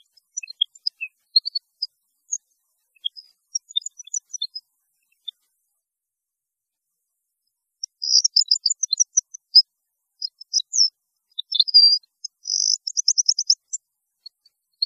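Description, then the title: European goldfinch song: scattered high chirps at first, then a longer run of rapid liquid twittering and buzzy trills in the second half. "Chant Chardonneret"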